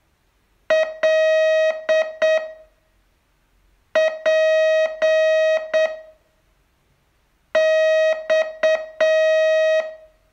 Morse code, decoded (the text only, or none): L P X